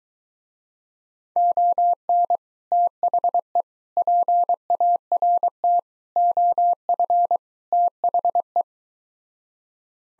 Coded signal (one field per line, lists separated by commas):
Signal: Morse code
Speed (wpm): 23 wpm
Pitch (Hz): 700 Hz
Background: none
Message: ON THE PART OF THE